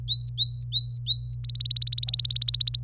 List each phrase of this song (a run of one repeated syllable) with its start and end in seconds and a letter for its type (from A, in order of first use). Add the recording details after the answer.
0.09-1.35 A, 1.45-2.77 B. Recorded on 25 April 2018 at 16:07. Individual llb3